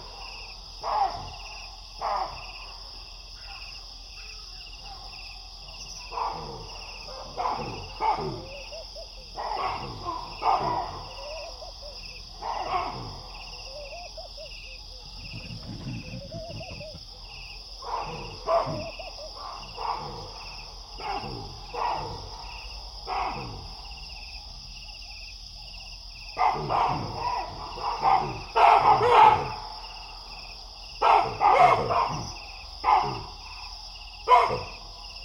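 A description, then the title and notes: Baboons bark repeated sharp alarm calls, scattered then clustering louder near the end, over a steady high insect drone of night crickets. Crazy Baboons At Wassadou. Niokolo Koba national park, Eastern Senegal. Night falls as baboons roosting in a big tree sense a predator in the distance and sound the alarm.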